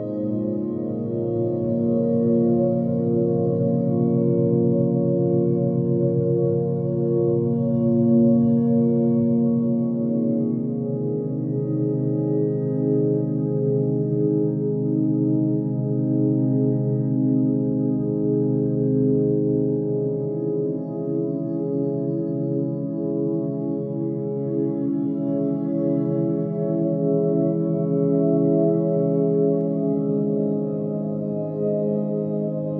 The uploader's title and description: 5hz Theta Waves. Two tones of slightly different frequency, one in each ear